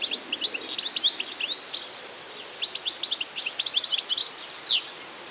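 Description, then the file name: European goldfinch twittering, a rapid run of bright tinkling notes and short buzzy slurs, with a brief pause midway, then a falling drawn-out note near the end. "Carduelis carduelis"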